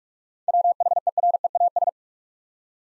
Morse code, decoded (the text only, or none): WHEREAS